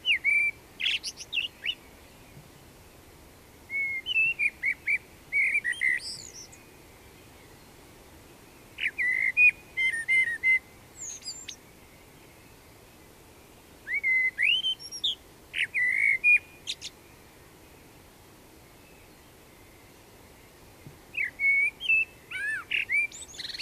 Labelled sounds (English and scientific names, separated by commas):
Common Blackbird (Turdus merula) song